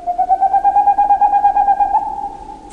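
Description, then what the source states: Boreal Owl song: a fast, even series of mellow hoots on one pitch, merging into a steady tone, then cut off by a click. Male's hooting song in a dark northern forest; staccato notes can continue over an hour and carry more than a mile.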